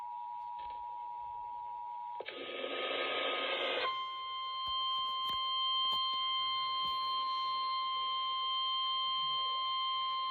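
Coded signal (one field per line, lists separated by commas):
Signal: Emergency Alert System (SAME) tones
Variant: 853 and 960 Hz attention tone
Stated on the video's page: Flash flood warning relayed through a Sage EAS unit.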